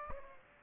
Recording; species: mosquito wingbeat signal from an infrared sensor; Aedes aegypti